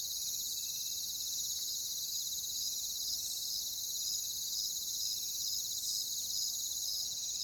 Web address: ENTER Music and Audio J - Nature Songs Nature Sounds Sounds of Nature Collection Crickets